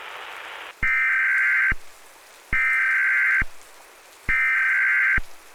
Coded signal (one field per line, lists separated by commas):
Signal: Emergency Alert System (SAME) tones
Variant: header bursts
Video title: EAS Simulation: The Fallout Reckoning | Immersive Audio Drama | NO Ai